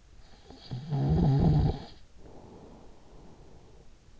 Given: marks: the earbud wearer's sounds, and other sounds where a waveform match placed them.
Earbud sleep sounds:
sounds in sleep by an in-ear microphone; snoring breath
0.21-4.13 s: snoring breath

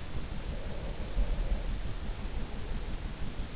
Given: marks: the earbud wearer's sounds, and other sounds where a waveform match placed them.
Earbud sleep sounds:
sounds in sleep by an in-ear microphone; breath
0.33-3.27 s: breath

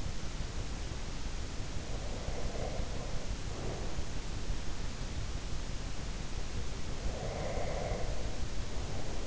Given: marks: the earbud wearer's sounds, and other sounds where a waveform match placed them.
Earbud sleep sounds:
sounds in sleep by an in-ear microphone; breath
1.95-3.93 s: breath
7.05-9.27 s: breath

